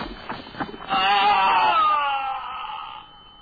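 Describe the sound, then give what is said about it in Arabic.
A horse lets out a loud, quavering whinny that wavers and slowly falls in pitch over about two seconds, preceded by a few sharp thumps, in a radio drama. “لقد أفقدني الحصان. وانكسرت قدمي الآن.”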